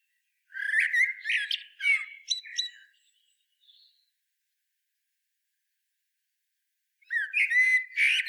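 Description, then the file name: Common blackbird singing a fluty, warbled phrase ending in squeaky high twitters, a few faint notes after, then long silence before another phrase begins. "Turdus merula"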